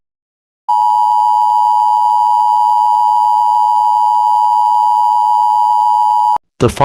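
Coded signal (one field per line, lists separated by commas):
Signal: Emergency Alert System (SAME) tones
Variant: 853 and 960 Hz attention tone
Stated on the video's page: Fictional EAS scenario about nuclear chaos in Oklahoma and an abduction in Maine.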